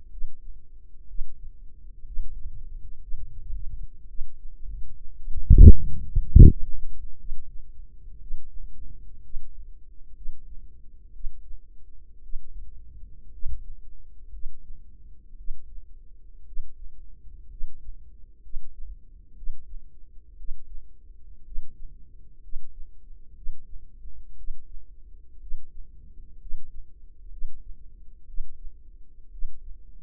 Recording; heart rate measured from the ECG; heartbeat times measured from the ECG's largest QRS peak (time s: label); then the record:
heart sounds by microphone in the left ear; 60 bpm
0.09 s: heartbeat
1.06 s: heartbeat
2.03 s: heartbeat
2.99 s: heartbeat
4.06 s: heartbeat
5.15 s: heartbeat
6.18 s: heartbeat
7.16 s: heartbeat
8.18 s: heartbeat
9.21 s: heartbeat
10.13 s: heartbeat
11.11 s: heartbeat
12.20 s: heartbeat
13.30 s: heartbeat
14.30 s: heartbeat
15.35 s: heartbeat
16.44 s: heartbeat
17.48 s: heartbeat
18.41 s: heartbeat
19.34 s: heartbeat
20.36 s: heartbeat
21.43 s: heartbeat
22.40 s: heartbeat
23.33 s: heartbeat
24.35 s: heartbeat
25.38 s: heartbeat
26.38 s: heartbeat
27.29 s: heartbeat
28.25 s: heartbeat
29.29 s: heartbeat
From the record:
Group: healthy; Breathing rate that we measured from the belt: 15 breaths a minute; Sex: female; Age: 36 years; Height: 163 cm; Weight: 88 kg